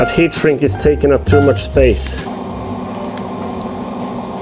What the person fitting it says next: you could probably hear that tiny click